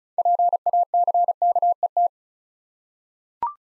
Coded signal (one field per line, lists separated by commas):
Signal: Morse code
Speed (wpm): 36 wpm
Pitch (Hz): 700 Hz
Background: none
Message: PACKET